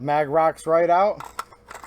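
Someone talks while handling a polymer magazine at the magazine well of a PSA PSAK-47 GF3-R AK-pattern rifle with a paddle mag catch, rocking the magazine out. Light clinks and rattles follow from about 1.2 to 1.9 seconds. Nothing has seated or clicked yet.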